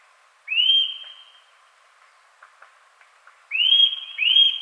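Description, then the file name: Eurasian nuthatch whistling one clear rising note, then after a quiet gap two more in quick succession, with soft clicks between. "Sitta europaea"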